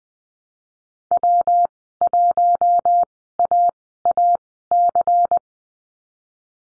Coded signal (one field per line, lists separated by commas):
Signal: Morse code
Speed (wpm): 20 wpm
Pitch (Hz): 700 Hz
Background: none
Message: W1AAC